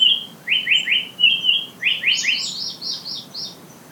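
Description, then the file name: Japanese paradise flycatcher song: whistled notes near one pitch alternating with short slurred notes, then a quick run of higher, rapidly repeated notes against a quiet background. "sankocho"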